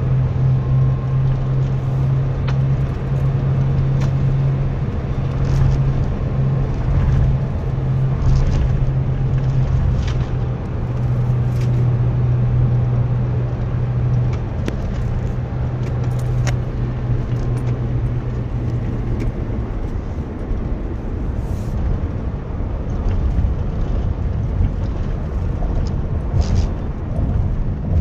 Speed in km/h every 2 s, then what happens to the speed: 87, 88, 85, 81, 76, 78, 80, 79, 73, 73, 71, 71, 66, 55.
0-5 steady at about 87. 5-8 slows to 76. 8-13 steady at about 78. 13-16 slows to 73. 16-22 steady at about 71. 22-28 slows to 55.